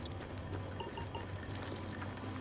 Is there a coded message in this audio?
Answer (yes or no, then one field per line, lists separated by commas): no